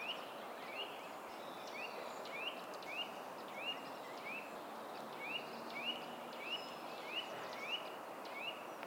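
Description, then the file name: Eurasian nuthatch calls: short rising whistled notes, repeated every half second to a second in a loose series over steady background hiss. "Sitta europaea"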